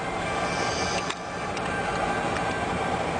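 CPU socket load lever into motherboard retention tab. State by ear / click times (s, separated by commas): seated / 1.1 s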